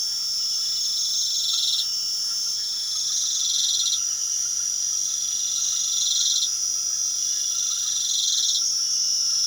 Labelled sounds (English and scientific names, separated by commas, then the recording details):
none
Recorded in pastures near Puerto Asís, Putumayo, Colombia, on 12 March 2025 at 23:00
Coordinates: 0.497, -76.327
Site G072